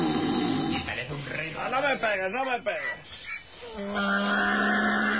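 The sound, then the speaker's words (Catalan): A tied-up donkey brays in a series of rising and falling harmonic calls midway through, loud against a steady background hum, with a faint voice audible around it. “El burro también está.”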